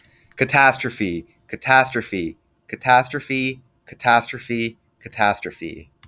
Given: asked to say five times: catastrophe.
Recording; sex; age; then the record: repeated word; male; 20 to 29 years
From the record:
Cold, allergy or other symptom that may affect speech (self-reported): no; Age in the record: 21 years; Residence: Rhode Island, United States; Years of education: 15